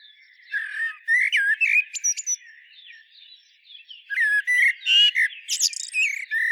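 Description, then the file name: Common blackbird song, two phrases a few seconds apart, each mixing warbled mid-pitched whistles with sharp, high twitters. "Turdus merula"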